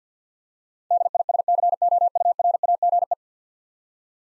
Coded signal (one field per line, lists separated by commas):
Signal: Morse code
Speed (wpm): 50 wpm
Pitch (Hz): 700 Hz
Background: none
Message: DISCOURAGE